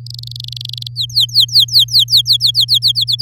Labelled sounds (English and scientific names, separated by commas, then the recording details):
Domestic Canary (Serinus canaria) song
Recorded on 11 May 2018 at 06:04
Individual llb16